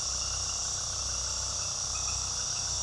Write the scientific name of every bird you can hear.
none